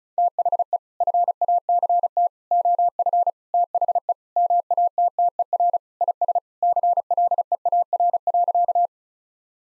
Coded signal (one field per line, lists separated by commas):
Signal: Morse code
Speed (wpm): 36 wpm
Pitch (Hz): 700 Hz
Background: none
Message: THE FACT OF THE MATTER IS CLEAR.